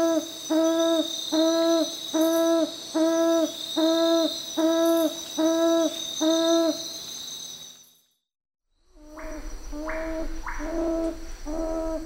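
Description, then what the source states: Papuan frogmouth giving deep, even hoots repeated a little over once a second, a brief silence, then the hooting resumes, over a steady high insect drone. Papua New Guinea.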